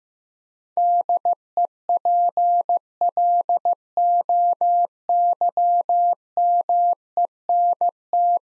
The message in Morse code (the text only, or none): DEPLOYMENT